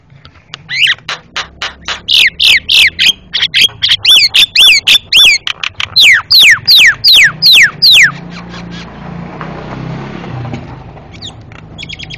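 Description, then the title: Javan myna calls: long, loud run of harsh rapid notes mixed with squeaky rising and falling whistles, breaking off after about eight seconds, with a few faint notes later. Loud, very noisy Javan myna calls, used for training cage birds (masteran). "Jalak Kebo Master Suara Super Berisik Buat Masteran"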